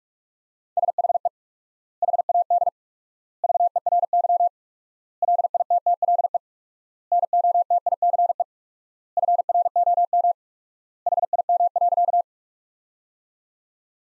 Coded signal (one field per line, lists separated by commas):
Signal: Morse code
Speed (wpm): 46 wpm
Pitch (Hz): 700 Hz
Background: none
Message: SHE HAD VERY LITTLE NOTICE FROM HIM.